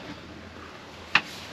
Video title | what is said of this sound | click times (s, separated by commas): 2023 Roadtrek Zion Slumber Class B Camper van FULL TOUR & REVIEW - Family of 4 | and then it locks into place over here, and we can still recline a little bit. | 1.2 s